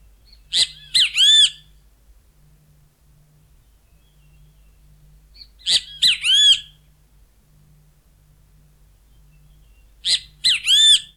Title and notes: Museo de Ciencias de Bahía Blanca. Benteveo (Pitangus sulphuratus) Su canto particular "bicho fuii", le otorga otros nombres comunes como "bicho feo", "pitogüé", "bienteví"